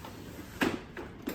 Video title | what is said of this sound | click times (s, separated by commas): ICU Bed Video | and it is locked | 0.6 s